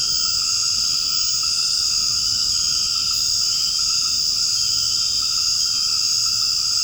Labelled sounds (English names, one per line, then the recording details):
none
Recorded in secondary vegetation near Puerto Asís, Putumayo, Colombia, on 8 March 2025 at 19:30
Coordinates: 0.502, -76.326
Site G100